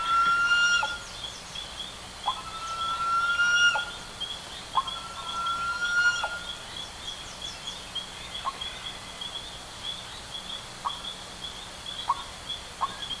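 Bird calls: drawn-out whistled tones, each ending in a clipped note, then a scattering of short single notes.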